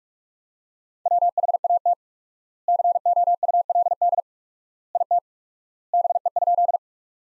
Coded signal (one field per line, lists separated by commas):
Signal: Morse code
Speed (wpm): 42 wpm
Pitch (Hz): 700 Hz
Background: none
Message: WHAT COULD IT BE?